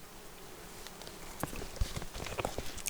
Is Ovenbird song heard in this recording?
no